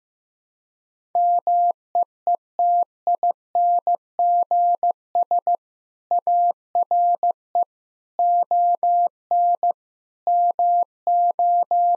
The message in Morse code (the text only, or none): MEETINGS ARE ON MO